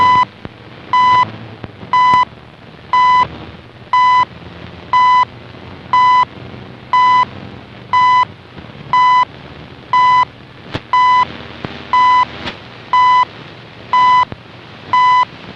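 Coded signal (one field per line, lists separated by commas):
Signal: radio time signal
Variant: CHU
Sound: short 1 kHz beeps once every second, about 15 in all, over road noise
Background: car road noise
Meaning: Each pulse marks one second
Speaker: and now here's the sound as I'm driving away from the site with the signal fading away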